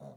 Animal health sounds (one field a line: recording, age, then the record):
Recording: pig call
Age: piglet (1 to 25 days)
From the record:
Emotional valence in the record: negative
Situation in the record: short isolation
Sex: female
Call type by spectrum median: low-frequency call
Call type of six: low-frequency stable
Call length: 0.17 s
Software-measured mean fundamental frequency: 64 Hz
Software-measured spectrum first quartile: 171 Hz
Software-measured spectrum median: 404 Hz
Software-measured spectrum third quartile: 654 Hz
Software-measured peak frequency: 640 Hz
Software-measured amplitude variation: 84 dB a second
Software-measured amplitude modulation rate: 20.5 a second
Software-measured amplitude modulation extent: 4.1 dB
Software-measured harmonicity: 1.2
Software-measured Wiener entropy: 0.13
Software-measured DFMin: 1435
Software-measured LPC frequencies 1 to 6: 637, 3715, 5777, 6681, 7505, 8830 Hz